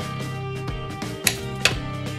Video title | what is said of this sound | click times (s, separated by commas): Putting WHEEL ADAPTERS on a Class B | when you hear it click on this particular wrench you've reached that setting once | 1.3 s, 1.7 s